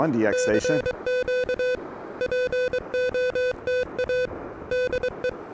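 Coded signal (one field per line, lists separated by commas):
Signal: Morse code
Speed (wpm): 23 wpm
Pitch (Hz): 500 Hz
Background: speech, music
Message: CQ POTA DE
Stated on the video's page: Pedestrian mobile QRP activation at a state recreation area using an Elecraft KH1, early morning.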